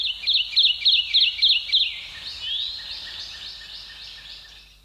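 Kentucky warbler song: a rapid run of about six repeated two-note rolling phrases, loud and even, then a softer trailing series fading out over the last three seconds.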